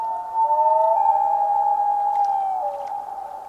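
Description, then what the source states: Common loon giving a steady drawn-out wail with brief lower notes beneath it, the tone held nearly level throughout. Yodel call given by a male on his breeding territory, neck outstretched and head waving side to side; entices females and asserts territory.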